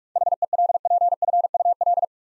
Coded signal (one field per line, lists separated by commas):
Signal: Morse code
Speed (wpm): 46 wpm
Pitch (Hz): 700 Hz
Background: none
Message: HELPFUL